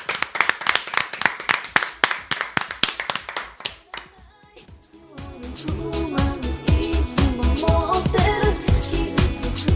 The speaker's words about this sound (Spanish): Bravo, por favor, un aplauso. Bravo.